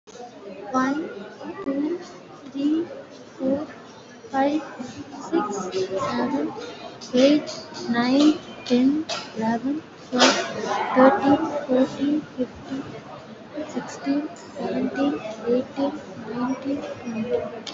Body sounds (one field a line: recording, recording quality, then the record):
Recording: counting at a normal pace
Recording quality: excellent, no background noise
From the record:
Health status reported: respiratory illness, not identified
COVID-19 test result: negative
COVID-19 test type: RT-PCR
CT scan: not taken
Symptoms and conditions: cough, cold, breathing difficulty, asthma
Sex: female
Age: 20 years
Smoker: no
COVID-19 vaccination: one dose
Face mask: worn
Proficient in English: yes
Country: India